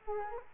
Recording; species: mosquito wingbeat signal from an infrared sensor; Culex quinquefasciatus